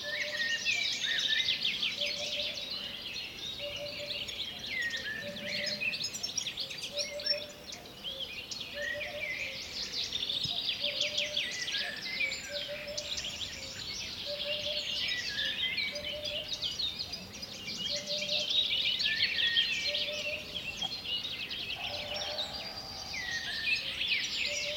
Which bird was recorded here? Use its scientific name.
Upupa epops